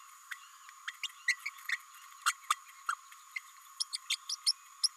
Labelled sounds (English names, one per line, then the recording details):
Green-rumped Parrotlet babbling
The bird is a female
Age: 29 days
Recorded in a nest box in Venezuela
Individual 17B32A5